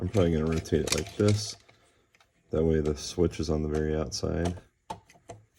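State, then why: Seated. Someone talks while a wired AC power inlet with switch module is dropped through, rotated so the switch faces outward, and pushed into the opening of a printed electronics panel on a Voron 0.2 build. A sharp snap at 4.9 s marks the module seating in the panel, followed by a few faint ticks.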